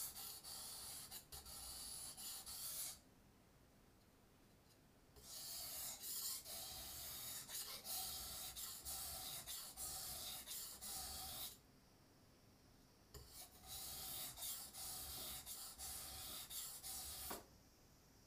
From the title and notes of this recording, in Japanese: 環境音 久しぶりの包丁研ぎ。3本研いで少し疲れました。